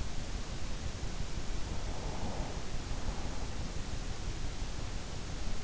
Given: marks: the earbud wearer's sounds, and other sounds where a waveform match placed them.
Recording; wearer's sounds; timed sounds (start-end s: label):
sounds in sleep by an in-ear microphone; breath
1.30-4.73 s: breath